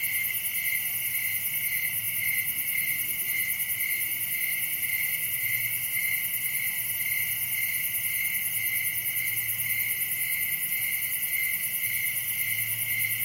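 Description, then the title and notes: Dense cricket chorus, high pulsed chirps about twice a second in overlapping layers, with occasional faint low hums in the background. Crickets recorded at night in summer in a wooded area at Dell Creek State Wildlife Area. "Summer night in Dell Creek state wildlife area. This sound was recorded at night in a wooded area during the summer. Crickets are the main act here. Recorded by Daniel Braun. Part of the Music for Sleep project"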